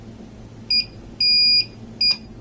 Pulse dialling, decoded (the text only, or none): none